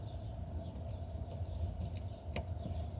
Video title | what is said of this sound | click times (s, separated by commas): How to replace side markers lights on a 2015 and up dodge charger | You hear that little click? | 2.4 s